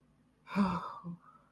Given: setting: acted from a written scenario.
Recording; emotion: vocal sound without words; relief